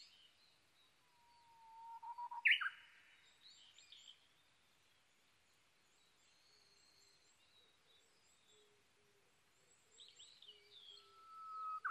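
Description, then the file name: Japanese bush warbler phrase, a low held whistle ending in a sharp flourish, amid background hiss, faint high chirps and a low repeated sound. Recorded 22 May 2011 at 05:58. "uguisu-20110522-0558"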